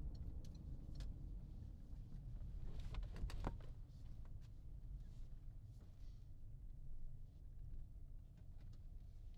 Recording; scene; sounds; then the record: everyday scene through a hearing-aid microphone; in a vehicle; engine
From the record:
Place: Berlingo II, diesel engine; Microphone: in the ear canal, left